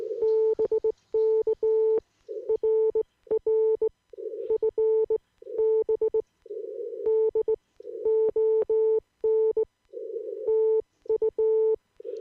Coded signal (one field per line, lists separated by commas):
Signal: Morse code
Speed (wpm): 18 wpm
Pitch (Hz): 440 Hz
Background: none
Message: BK RR FB DON TU